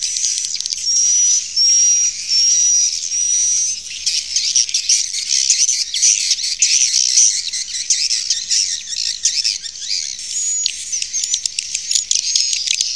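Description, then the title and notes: Swiftlet calls opening with spaced whistled chirps in short bursts, then turning into dense, fast high chatter. Used in swiftlet farming in Asia. "Swiflet Bird Sound. Farming Swiflet Bird asia sound"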